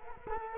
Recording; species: mosquito wingbeat signal from an infrared sensor; Culex quinquefasciatus